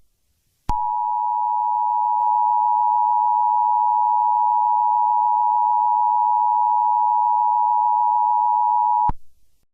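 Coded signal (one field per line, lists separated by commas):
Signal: Emergency Alert System (SAME) tones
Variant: 853 and 960 Hz attention tone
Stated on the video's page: Fictional EAS scenario.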